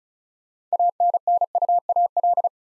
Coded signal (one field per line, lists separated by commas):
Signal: Morse code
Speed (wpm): 36 wpm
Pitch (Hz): 700 Hz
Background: none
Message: ANNUAL